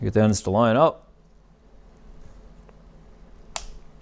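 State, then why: Seated. Someone talks briefly while lining up the two halves of a plastic plug-and-play Custom Dynamics LED Bagz saddlebag light wiring connector with the harness connector on an Indian Challenger motorcycle. After a quiet stretch with a faint tick at 2.7 s, the halves are pushed together and snap with a sharp click at 3.6 s, and the connector is seated.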